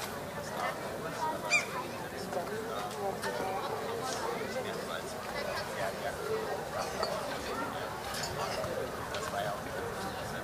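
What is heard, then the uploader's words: Many voices chatter and overlap in a busy outdoor beer garden, a steady crowd murmur with a brief clink near two seconds. Then wander into the lively chatter of a beer garden, brimming with the clinking of glasses and mirthful conversation. Summer Evening Joy and Child Play.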